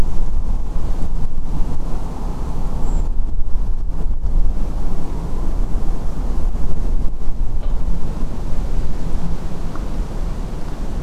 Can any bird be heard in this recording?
yes